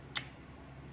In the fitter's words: And you can just hear that click into place.